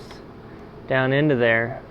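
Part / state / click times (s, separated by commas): power tool battery pack into charger / not seated / none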